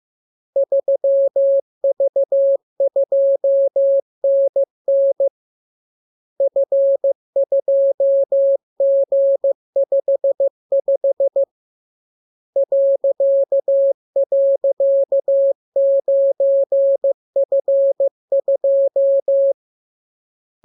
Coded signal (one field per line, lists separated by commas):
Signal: Morse code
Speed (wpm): 15 wpm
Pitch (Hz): 550 Hz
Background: none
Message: 3V2NN F2G55 ..9F2